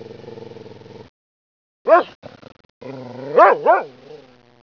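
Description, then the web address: Dog making a low rumbling sound, then a sharp yelp, followed by a pair of rising and falling whining yelps that trail off. Recorded at apartments. "malle apartments dog"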